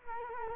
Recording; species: mosquito wingbeat signal from an infrared sensor; Culex quinquefasciatus